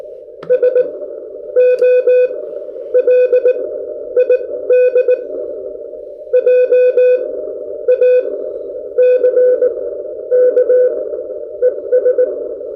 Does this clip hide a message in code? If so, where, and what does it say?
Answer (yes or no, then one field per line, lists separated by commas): yes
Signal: Morse code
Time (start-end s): 0.5-12.2 s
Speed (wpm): 20 wpm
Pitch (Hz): 500 Hz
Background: none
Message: SOLID JACK ES